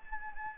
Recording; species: mosquito wingbeat signal from an infrared sensor; Anopheles gambiae